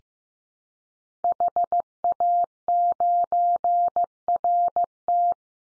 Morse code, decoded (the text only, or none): HA9RT